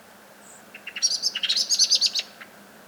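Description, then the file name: Common blackbird calling: a few lower chipping notes, then a quick burst of high, sharp twittering notes lasting about a second, ending with one lower chip. "Turdus merula"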